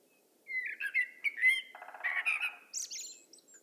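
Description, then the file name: Common blackbird song: a rich whistled warble, a low grating rattle in the middle, and a thin high squeaky flourish at the end. "Turdus merula"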